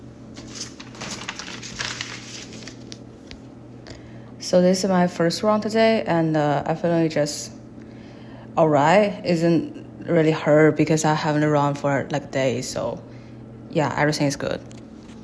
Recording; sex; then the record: free speech after running; female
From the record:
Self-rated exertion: light exertion (2 of 6); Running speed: 6 miles an hour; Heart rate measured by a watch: 101 beats a minute at the start, 97 at the end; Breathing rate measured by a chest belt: 15 breaths a minute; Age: 23 years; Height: 163 cm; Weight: 70 kg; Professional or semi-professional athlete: no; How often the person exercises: 1 to 2 times a week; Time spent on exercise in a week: 1 to 2 hours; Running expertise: no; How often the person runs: 1 to 2 times a week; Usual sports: running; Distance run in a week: 7 km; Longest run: 7 km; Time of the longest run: 50 minutes